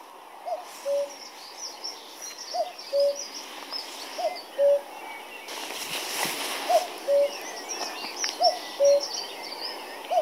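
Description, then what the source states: Common cuckoo song, a falling two-note cu-ckoo repeated about every two seconds, with faint twittering of other birds behind it. Familiar call of the cuckoo; increasingly rare.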